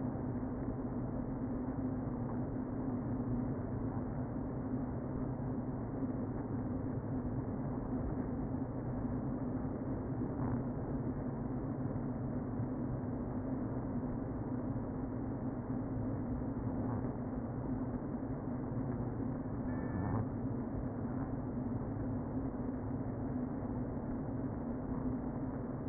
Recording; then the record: honeybee colony, microphone inside the hive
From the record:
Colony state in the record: queen present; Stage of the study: before two queens were removed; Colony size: about 60,000 bees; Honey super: yes